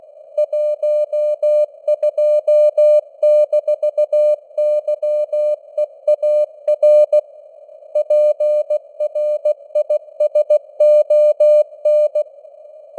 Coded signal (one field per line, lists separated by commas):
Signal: Morse code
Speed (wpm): 16 wpm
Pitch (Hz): 600 Hz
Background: none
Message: 12-YEAR PRISON